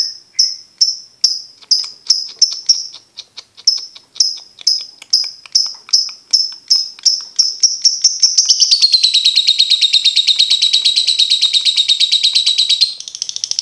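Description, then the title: Lovebird song: a run of sharp repeated chirps speeds up, then merges into a long, fast, continuous buzzy chatter for several seconds before breaking off. Training recording for teaching birds; song style called ngekek. "MASTERAN BURUNG Belajar Ngekek"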